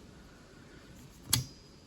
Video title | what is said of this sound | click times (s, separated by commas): BMW X3 wiper blade replacement | until it snaps. | 1.3 s